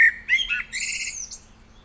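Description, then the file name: Common blackbird phrase fragment: a brief fluted whistle followed by a scratchy, high twittering flourish. "Turdus merula"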